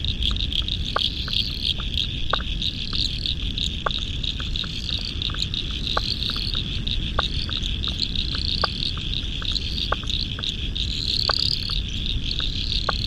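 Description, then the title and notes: Frog chorus: short clicking notes repeat many times over a steady high insect-like trill, with a constant low rumble beneath. Spring frog chorus at dusk beside the South Pacific Ocean in a national park, Australia, November 2015. "Spring) Frog Chorus At Dusk By The South Pacific Ocean. royal national park, australia november, 2015"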